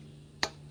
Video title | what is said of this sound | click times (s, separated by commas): How to - John Deere Z345M Maintenance 2.0 | There we go. It clicked in. | 0.4 s